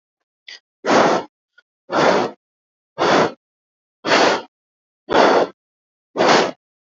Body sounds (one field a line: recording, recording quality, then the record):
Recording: shallow breathing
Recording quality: excellent, no background noise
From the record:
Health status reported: healthy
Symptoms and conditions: cough, asthma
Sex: male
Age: 44 years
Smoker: not ticked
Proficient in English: yes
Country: India